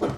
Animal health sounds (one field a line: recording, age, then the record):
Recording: pig call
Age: growing-finishing pig (85 days or more)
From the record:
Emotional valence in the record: positive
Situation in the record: run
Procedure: transit